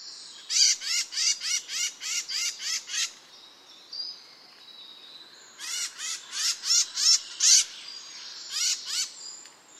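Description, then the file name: Eurasian blackcap giving bursts of sharp, clicking notes in quick series, separated by a quieter gap, then a few more notes. "Sylvia atricapilla"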